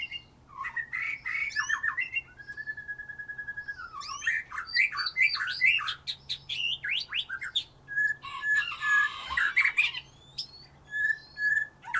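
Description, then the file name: White-rumped shama singing loud, varied phrases of whistled slurs, a steady trill and rapid scratchy notes, with a harsher burst near the end. "murai batu"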